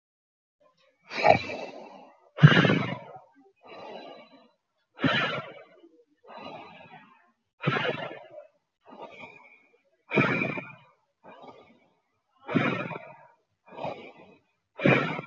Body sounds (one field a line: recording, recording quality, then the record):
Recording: deep breathing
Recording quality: excellent, no background noise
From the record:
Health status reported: healthy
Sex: male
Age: 25 years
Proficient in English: yes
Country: India